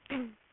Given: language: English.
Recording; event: throat vibration sensor signal played as sound; throat clearing